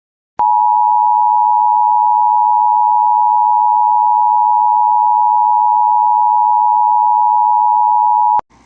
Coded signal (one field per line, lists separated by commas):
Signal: Emergency Alert System (SAME) tones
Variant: 853 and 960 Hz attention tone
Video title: EAS Emergency Action Termination (for @KittyUZutty)